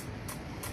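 A forend retaining nut is tightened onto the magazine tube of a Beretta A400 Xplor Action Kick Off shotgun after the forend has been fitted. Over steady broadband noise, two short, bright clicks sound at 0.3 s and 0.6 s as the nut reaches its tight stop at the end of travel, signalling not to tighten any further. The nut is seated.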